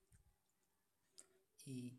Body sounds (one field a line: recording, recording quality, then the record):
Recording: sustained vowel as in beet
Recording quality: excellent, no background noise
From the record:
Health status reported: healthy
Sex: male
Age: 21 years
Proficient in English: yes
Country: India